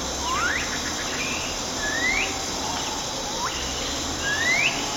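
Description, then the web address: Common piping guan giving thin rising whistles, several spaced sweeps climbing sharply in pitch, over a steady high insect hum. Eastern lowlands of South America. "Natures Songs S America Eastern Lowlands. Common Piping-Guan"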